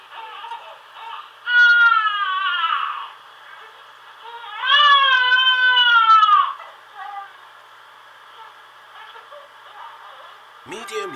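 Two drawn-out infant cry bursts, each about one and a half to two seconds long, with a clear high-pitched tone and falling wails, separated by quiet whimpers. The sound is thin and narrow, as heard through a baby monitor.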